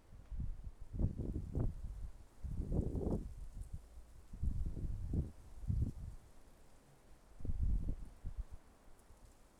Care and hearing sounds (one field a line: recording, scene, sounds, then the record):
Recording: everyday scene through a hearing-aid microphone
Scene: wind on the microphone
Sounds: wind, traffic, birds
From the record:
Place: suburban garden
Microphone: behind the ear, left, rear